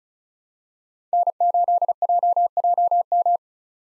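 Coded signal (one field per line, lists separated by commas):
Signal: Morse code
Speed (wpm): 36 wpm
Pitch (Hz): 700 Hz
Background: none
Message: N8JJM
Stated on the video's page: Morse code practice at 35 wpm of common POTA hunter call signs for head-copy, each sent, then spoken, then sent again.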